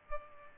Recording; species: mosquito wingbeat signal from an infrared sensor; Culex pipiens